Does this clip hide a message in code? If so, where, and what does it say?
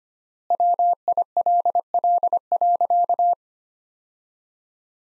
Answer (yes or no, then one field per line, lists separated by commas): yes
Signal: Morse code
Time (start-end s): 0.5-3.3 s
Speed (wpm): 25 wpm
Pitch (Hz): 700 Hz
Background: none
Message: WILL.